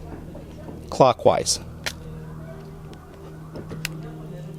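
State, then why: Seated. An interchangeable lens is lined up by its dots with a Sony a6300 mirrorless camera body and twisted clockwise on the mount while someone talks. A sharp snap at 3.9 s marks the lens locking into the mount, fully seated.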